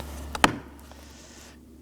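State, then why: Seated. On a 2018-2024 Chevrolet Equinox, the interior door handle release cable end is aligned with its tab and pushed into the interior handle. A faint tap at 0.35 s is followed by a sharp, bright click at 0.4 s as the cable clip seats securely, over a steady low hum that continues as the sound fades.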